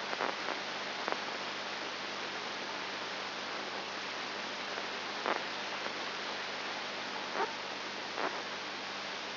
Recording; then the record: brain microelectrode recording played as sound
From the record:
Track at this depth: inside the subthalamic nucleus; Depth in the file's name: 4.501 mm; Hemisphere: left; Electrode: 2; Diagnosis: Parkinson's disease